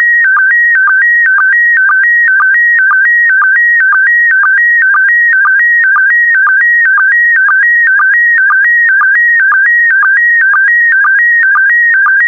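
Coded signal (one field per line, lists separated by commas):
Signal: SSTV (slow-scan television)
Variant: PD120 mode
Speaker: complete you can now check your decoded image against the picture that is shown on the video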